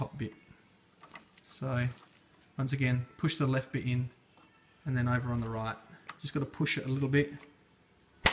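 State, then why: Seated. The top section of a ribbon cassette is pushed into a dye-sublimation photo printer, first on the left side and then pressed on the right while someone talks. At 8.3 s it snaps home with one sharp, loud click, seating the cassette in place.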